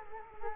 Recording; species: mosquito wingbeat signal from an infrared sensor; Culex quinquefasciatus